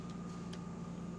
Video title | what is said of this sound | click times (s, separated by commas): How to make a hydraulic hose - Tips & tricks with Tim at GCS | there you go they click | 0.5 s